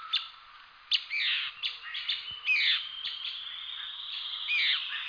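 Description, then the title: Bird song: a run of scratchy, squawking phrases with a few sharp clicks and a long thin steady tone through the later part. "LuckyPassaro Completos2Sama"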